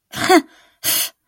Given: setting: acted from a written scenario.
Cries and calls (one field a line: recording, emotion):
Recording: vocal sound without words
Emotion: contempt